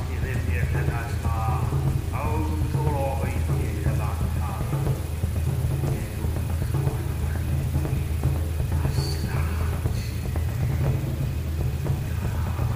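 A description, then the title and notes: A dark village ambience with a steady low rumble running throughout at an even loudness. Murmuring, voice-like sounds and scattered clatters drift through the middle, with a couple of faint high tones near nine and ten seconds. Lost in the dark village Asmr ambience.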